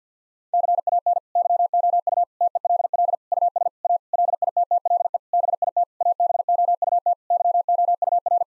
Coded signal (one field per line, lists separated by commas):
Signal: Morse code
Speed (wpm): 50 wpm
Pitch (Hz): 700 Hz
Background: none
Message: CAN YOU TELL US A LITTLE BIT ABOUT YOUR